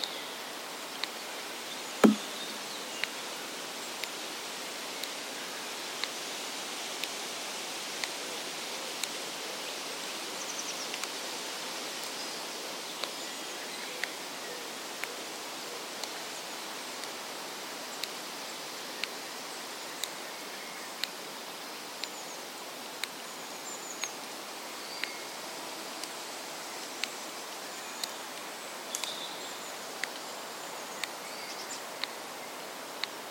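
An ancient woodland soundscape with a steady, hissing wash of air and rustle filling the upper range. Sharp, dry clicks like snapping twigs tick at fairly regular intervals throughout, with one louder crack near two seconds and faint bird-like chirps high up.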